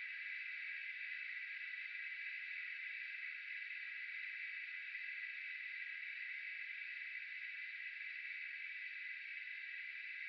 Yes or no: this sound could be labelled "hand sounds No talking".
no